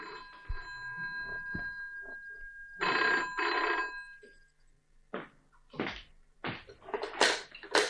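An old-style telephone bell rings in several short metallic bursts separated by brief pauses, preceded by a few thumps and clatter.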